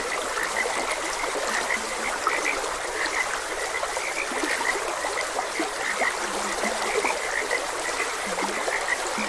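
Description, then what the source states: Frogs croaking in a chorus: many short repeated notes overlap steadily, with a few lower croaks beneath, over the constant rush of a trickling stream. Frogs croaking beside a gentle stream.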